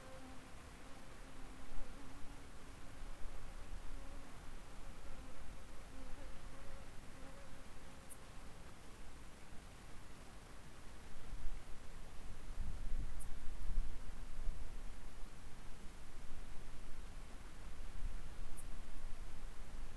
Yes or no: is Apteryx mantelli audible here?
no